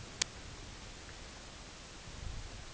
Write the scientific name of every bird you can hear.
none